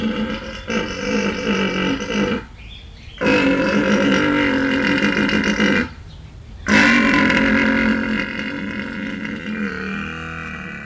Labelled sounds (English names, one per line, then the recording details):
Horse
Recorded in captivity
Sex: male
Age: adult
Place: Zoo Halle, Sachsen-Anhalt, DE
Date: 1978-07-12 13:50
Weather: sunny, 26°C
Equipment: Uher CR 210, Sennheiser MD 421, Kopie Uher 4200
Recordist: Tembrock, Günter